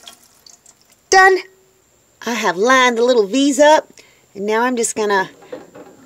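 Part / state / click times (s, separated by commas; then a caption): canner lid into pressure canner body / seated / 5.5 s. Someone talks while lining up the V marks on the metal lid and body of a Presto 23-quart pressure canner, with four cups of water poured inside, and twisting the lid closed with both hands. A single short tick is heard at 5.5 s as the lid locks into place.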